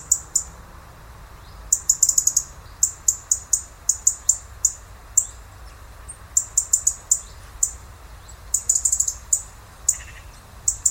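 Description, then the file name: European robin uttering rapid high-pitched ticks, bursts coming almost continuously with short gaps, a faint lower note near the end, low hum underneath. "Erithacus rubecula"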